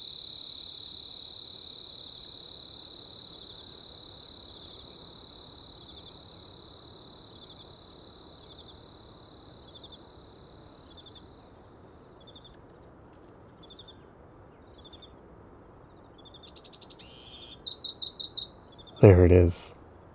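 Outdoors in the blue oaks of Sequoia, a steady high insect trill holds for about eleven seconds, then breaks into sparse pulses and fades. Near seventeen seconds a bird gives a quick series of bright chirps, and a sudden loud thump lands around nineteen seconds over a soft background hush.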